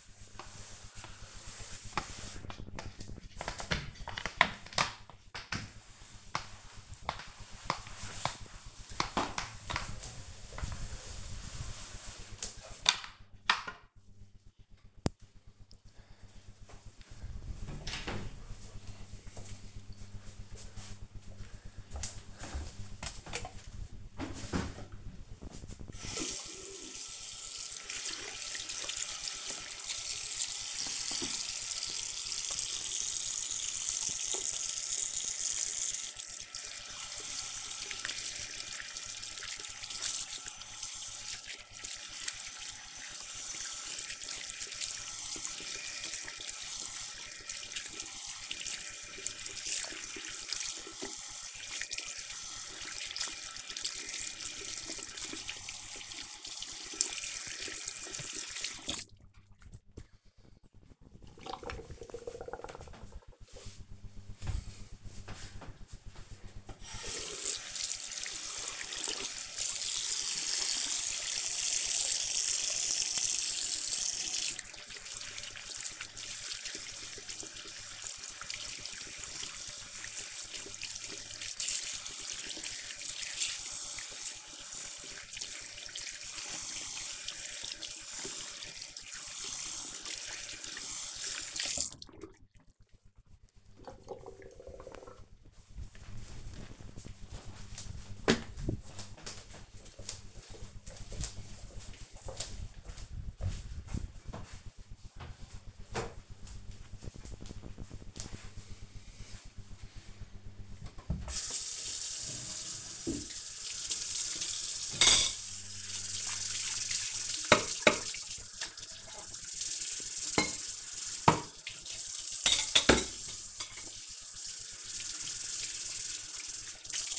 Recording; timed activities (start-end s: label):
household activities, microphone on the right wrist
0.00-14.12 s: floor cleaning
25.20-60.47 s: washing hands
66.53-91.76 s: washing hands
109.89-127.19 s: washing dishes